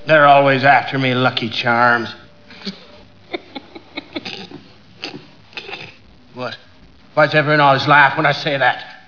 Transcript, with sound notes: They're always after me lucky charms. [SNICKERING] What? Why does everyone always laugh when I say that?